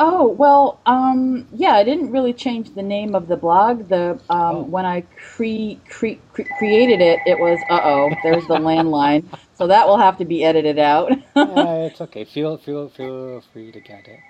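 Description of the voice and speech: An adult woman in her mid-forties, who has stuttered since age 5 and was covert about it for many years, speaks in conversation with repeated sounds and syllables, as in 'cr-cr-created' and 'feel-feel-feel'. This is stuttering. A phone rings partway through.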